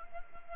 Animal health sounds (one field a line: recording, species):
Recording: mosquito wingbeat signal from an infrared sensor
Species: Anopheles arabiensis